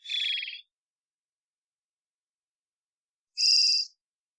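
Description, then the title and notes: Varied thrush song: two short buzzy, burry notes about three seconds apart, the second higher-pitched than the first, in complete silence. Immature, perhaps juvenile bird giving an odd song like warming-up practice; Pacific Northwest, Washington, United States; parabolic single-species recording, processed for clarity, natural pace and rhythm kept. "Varied Thrush - Immature. Varied Thrush, Ixoreus naevius, song, odd, like warming-up practice, perhaps juvenile. Pacific Northwest, Washington, United States"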